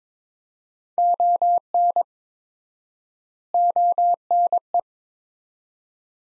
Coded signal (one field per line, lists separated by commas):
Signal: Morse code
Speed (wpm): 22 wpm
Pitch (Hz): 700 Hz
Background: none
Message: ON ONE